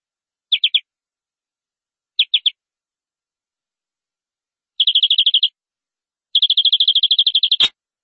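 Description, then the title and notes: Canary song: short groups of three notes, then a fast trill and a longer rolling trill ending with a sharp click. "BM Suara Kenari. BM Suara Burung Kenari"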